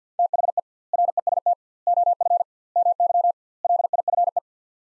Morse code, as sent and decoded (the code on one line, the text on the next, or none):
- .... . / .-. . ... - / --- ..-. / -- -.-- / .-.. .. ..-. .
THE REST OF MY LIFE